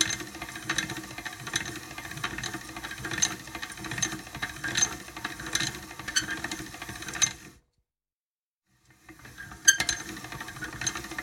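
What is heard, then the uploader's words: A pasta machine cranks with regular clicking ratchet beats and grinding, stops dead around seven seconds, then resumes with a sharp clack. Cranking A Pasta Machine, Different Speeds, Squeaking. Recorded different actions of a pasta machine.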